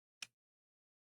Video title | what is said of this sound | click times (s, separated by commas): I 3D-Printed a Dust-Proof iPhone 17 Pro Max Case (TPU Rugged Remix + Magnetic ND Filter) | Hear that click? | 0.2 s